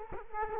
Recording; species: mosquito wingbeat signal from an infrared sensor; Culex quinquefasciatus